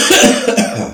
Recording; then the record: coughing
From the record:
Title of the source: Spring Cold Coughing.